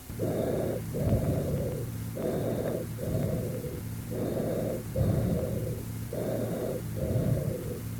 Tubular type of bronchial breath sounds heard in consolidation. Note the high pitch.